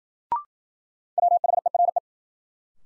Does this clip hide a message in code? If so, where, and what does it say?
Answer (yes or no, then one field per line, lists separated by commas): yes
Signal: Morse code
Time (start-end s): 1.2-2.0 s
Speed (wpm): 53 wpm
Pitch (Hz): 700 Hz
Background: none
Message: WHERE